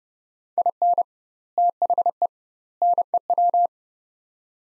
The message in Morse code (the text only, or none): IN THE NEW